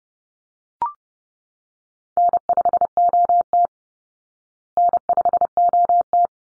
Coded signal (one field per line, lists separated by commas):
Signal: Morse code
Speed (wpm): 30 wpm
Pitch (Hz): 700 Hz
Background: none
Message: N5OT N5OT